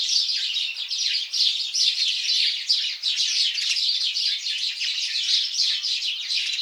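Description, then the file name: House sparrow flock calling in a thick, unbroken stream of short, overlapping chirps. "Passer domesticus"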